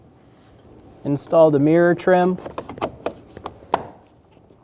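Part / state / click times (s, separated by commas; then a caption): mirror trim cover onto door / seated / 3.7 s. Someone talks, then a plastic mirror trim cover on the interior door of a 2011-2014 Hyundai Sonata is lined up by its clips and pressed onto the door, giving a few light taps and snaps. The loudest, sharpest click at 3.7 s is the trim seating into place.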